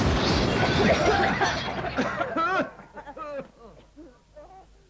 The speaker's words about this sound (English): I don't like this. Oh, no. It's coming this way. Get down. It's a skyrocket.